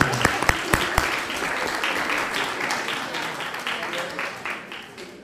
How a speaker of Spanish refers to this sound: ¡Aplaudo, buen bolo!